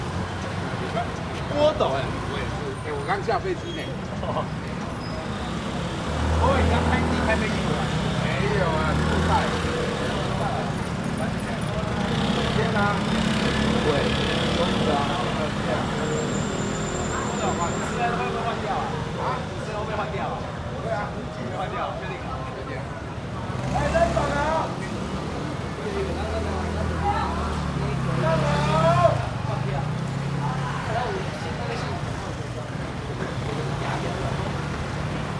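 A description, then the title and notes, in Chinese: Heavy traffic of motorcycles and cars forms a dense, continuous roar with a deep low rumble. Louder engine passes swell around 6–12 and 24–29 seconds, and a brief high squeal cuts in near 16 seconds. Voices murmur throughout beneath the traffic. 城隍暗訪隊，經豬屠口協天宮。傍晚時刻。金屬坐騎，和把人裝在裡面移動的四輪箱型物體，短時間內大量出現在路上，伴隨而來的聲音從下午的不時掃過，變成一大片連續轟鳴。地點 Location : 協天宮。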